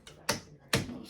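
A plastic side trim piece is snapped onto a dishwasher frame so it sits against the cabinets, making two sharp snaps at 0.3 s and 0.7 s, and the trim piece seats into place. No one talks during the clip.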